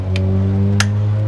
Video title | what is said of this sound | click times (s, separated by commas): Trek Super Commuter+ 7 Review - $3.6k | set this thing back in and then hey you want to push down and make sure you hear it click there we go that's how you know it's seated correctly | 0.8 s